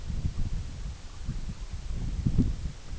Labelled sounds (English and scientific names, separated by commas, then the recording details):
none
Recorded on Arctic tundra, site EABA-MC, on 21 June 2019
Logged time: 20:00